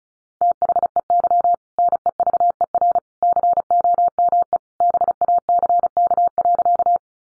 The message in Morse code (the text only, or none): THEY NEVER COME BACK.